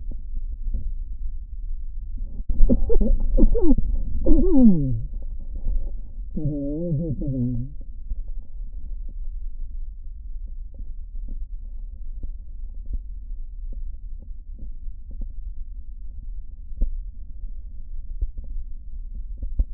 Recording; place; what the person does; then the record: lung sounds by stethoscope; right posterior basal chest; quiet breathing, then cough and speech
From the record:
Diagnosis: COPD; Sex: male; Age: 77 years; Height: 164 cm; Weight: 58.2 kg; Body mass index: 21.6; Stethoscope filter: diaphragm mode